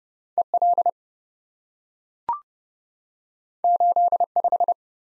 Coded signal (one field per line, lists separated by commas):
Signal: Morse code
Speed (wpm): 30 wpm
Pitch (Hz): 700 Hz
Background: none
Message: EL 85